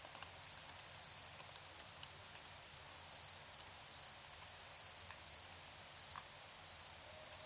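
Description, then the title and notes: Cricket chirping: short, high pulsed chirps repeated about every three-quarters of a second, with one longer pause, over a steady hiss of background noise. Crickets at night in Tiny, Ontario. "Crickets and coyotes. Recorded in Tiny, Ontario by Anton Pickard"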